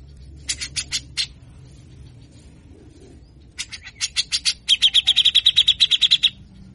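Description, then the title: Grey-cheeked Bulbul song: a brief harsh chatter, a pause of a few seconds, then a longer burst accelerating into a fast buzzy rattle. Cage bird singing vigorously with rough, harsh bursts (besetan kasar); long recording used as a master song and lure to train and provoke various other cage birds. "MASTERAN CUCAK JENGGOT GACOR FULL BESETAN KASAR DURASI PANJANG !!!. Cucak Jenggot Gacor Ampuh Buat Pancingan Dan Masteran Berbagai Macam Burung"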